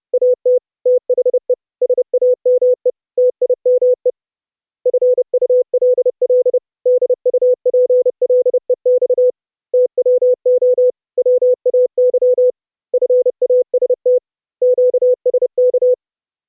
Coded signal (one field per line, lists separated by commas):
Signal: Morse code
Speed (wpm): 30 wpm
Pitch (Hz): 500 Hz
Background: none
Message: AT THE SAME TIME FULL DUPLEX TWO WAY FAST QSK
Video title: Raspberry PI HUB CW Morse Code MIXER sending to the StreamMYAudio Server for muti-OP QSO NET over IP